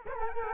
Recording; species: mosquito wingbeat signal from an infrared sensor; Culex quinquefasciatus